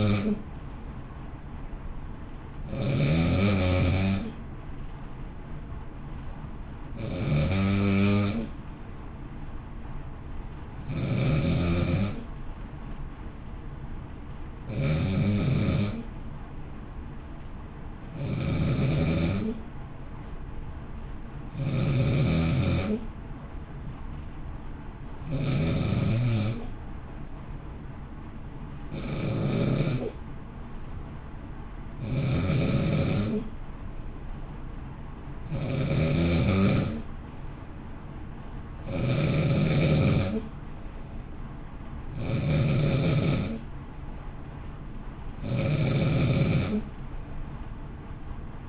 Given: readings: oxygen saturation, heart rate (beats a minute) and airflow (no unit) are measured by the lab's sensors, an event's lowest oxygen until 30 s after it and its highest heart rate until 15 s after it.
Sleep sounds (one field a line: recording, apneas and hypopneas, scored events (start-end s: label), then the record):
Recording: breathing in sleep by a smartphone at the bedside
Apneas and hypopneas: none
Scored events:
none scored
From the record:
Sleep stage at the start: N2 (light sleep)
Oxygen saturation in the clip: 92 to 93%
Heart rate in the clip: 53 to 58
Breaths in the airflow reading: 16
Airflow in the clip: -0.7 to 0.7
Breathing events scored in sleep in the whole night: 328 in 6.3 hours asleep